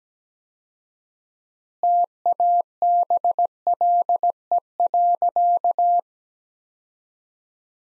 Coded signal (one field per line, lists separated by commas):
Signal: Morse code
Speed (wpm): 17 wpm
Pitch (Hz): 700 Hz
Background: none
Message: TABLE.